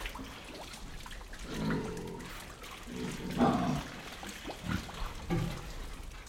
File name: pigs movement wet mud inside shed with grunts